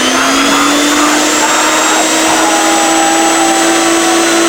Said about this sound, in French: Ah non. Aspirateur d'Armor Hager. Ah non, pas l'aspirateur.